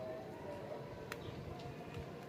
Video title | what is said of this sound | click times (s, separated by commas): MC4 connector-- how to connect mc4 connector -- connector stip se mc4 connection | यह lock हो गया ये | 1.1 s